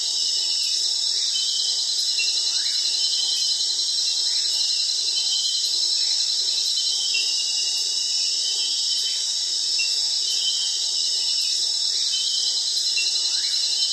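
Cricket chorus: constant shrill, high-pitched trilling from many insects, unbroken for the whole stretch, with faint short chirps scattered beneath.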